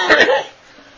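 A single brief, harsh cough or throat-clearing burst from an adult man, lasting under half a second, from a man who is a little hoarse with sinus problems and an allergy picked up from flowers.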